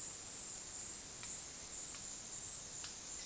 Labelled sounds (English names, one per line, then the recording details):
none
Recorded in dense forest near Puerto Asís, Putumayo, Colombia, on 19 February 2024 at 12:30
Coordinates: 0.466, -76.327
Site G6413